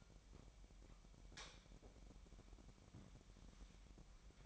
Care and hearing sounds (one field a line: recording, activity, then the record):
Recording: daily activity, microphone in the room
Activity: light on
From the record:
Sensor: 1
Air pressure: 1012.0 hPa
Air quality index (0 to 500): 235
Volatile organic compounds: 6 ppm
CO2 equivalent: 1873 ppm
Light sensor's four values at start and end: 15/35/15/17 and 18/50/20/22